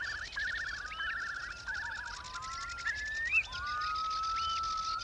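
Curlew bubbling calls: rapid wavering trills and long rising whistled notes, several overlapping, over a steady high insect-like hiss.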